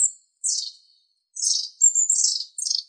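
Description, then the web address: Long-tailed tit calls: very high, thin, buzzy bursts, several in quick succession. "Aegithalos caudatus"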